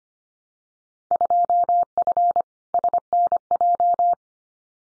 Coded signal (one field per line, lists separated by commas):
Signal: Morse code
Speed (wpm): 25 wpm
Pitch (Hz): 700 Hz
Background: none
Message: 2F SNJ